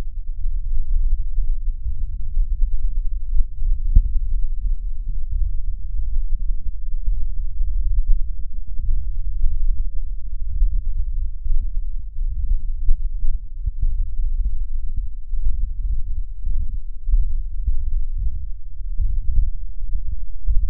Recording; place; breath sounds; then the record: lung sounds by stethoscope; right posterior upper chest; expiratory wheeze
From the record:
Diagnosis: asthma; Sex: male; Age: 24 years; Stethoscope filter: bell mode, 20 to 200 Hz